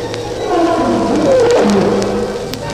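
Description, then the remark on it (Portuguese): A lion roaring while fighting Samson out of sight in thick bush: a loud, sustained low growl with wavering, moaning tones that rise and fall for a few seconds, with no one talking. “Mas podemos ouvir os urros do leão.”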